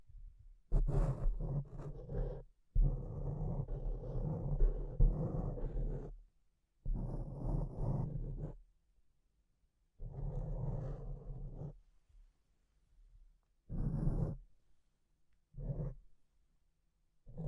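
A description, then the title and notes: Mic scratching in rough, dense bursts of grinding, rumbling noise with a heavy low end and occasional crackly high ticks. The bursts run from about one to three seconds each, roughly six of them, separated by short silent gaps. ASMR Brain Melting Mic Scratching (No Talking).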